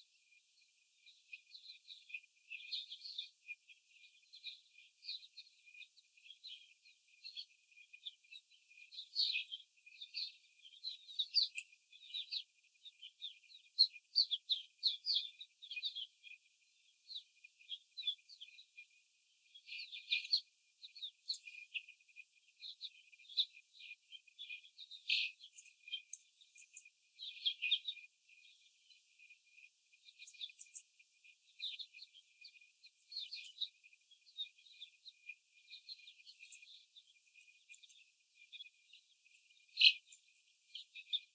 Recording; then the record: young laying hens in a cage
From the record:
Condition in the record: after the stressor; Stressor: simulated dog barking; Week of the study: 4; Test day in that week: 3